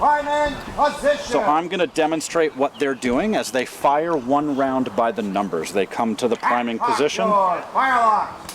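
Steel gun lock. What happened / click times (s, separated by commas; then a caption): Handled, not yet home: no click before the cock is drawn back / none. A man talks during a flintlock musket drill, where the cock (hammer) is about to be drawn back into the half-cock notch of the lock, a position from which it will not fire. Nothing has clicked or seated yet by the end of the clip.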